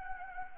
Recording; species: mosquito wingbeat signal from an infrared sensor; Anopheles gambiae